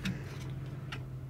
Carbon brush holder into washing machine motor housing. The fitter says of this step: Wenn das ordentlich eingerastet ist, werden die ersten Schrauben angeschraubt.